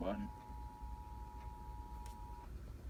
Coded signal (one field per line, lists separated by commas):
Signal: Emergency Alert System (SAME) tones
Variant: 853 and 960 Hz attention tone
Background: speech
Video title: Testing & Testing & Even More Testing | EAS #147 - 151 (12/24/20)